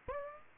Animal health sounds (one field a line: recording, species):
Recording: mosquito wingbeat signal from an infrared sensor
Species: Aedes aegypti